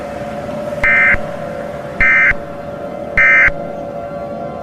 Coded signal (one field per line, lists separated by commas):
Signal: Emergency Alert System (SAME) tones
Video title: EAS Mini Scenario: The Dark Realm